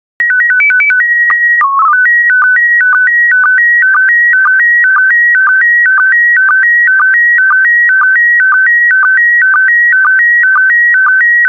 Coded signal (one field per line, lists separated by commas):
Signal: SSTV (slow-scan television)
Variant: PD 120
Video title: 44011 Alaska SSTV PD120